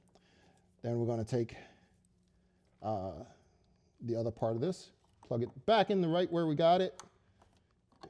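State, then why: Seated. The other half of a plug on a light bar's wiring is pushed back into its mating connector on a Cybertruck's harness while someone talks through most of the clip. A short, sharp click at 8.0 s marks the connector locking into place, seated.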